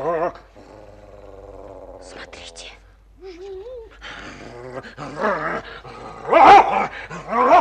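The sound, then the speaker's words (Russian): The dog Dingo, in an audio dramatization of Jules Verne's The Fifteen-Year-Old Captain, gives a low, sustained rumbling growl, then a brief higher whine, followed by loud, repeated barks that overlap with people speaking. “Вот почему собака Динго так ненавидит Негоро.”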